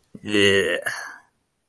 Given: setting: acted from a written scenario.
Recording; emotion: vocal sound without words; disgust